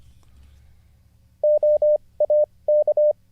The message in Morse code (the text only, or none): OAK